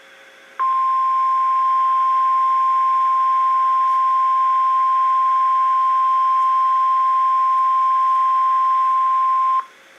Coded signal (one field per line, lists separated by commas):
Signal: Emergency Alert System (SAME) tones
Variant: 1050 Hz attention tone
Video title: Severe Thunderstorm Warning (EAS #1,934) - March 9, 2019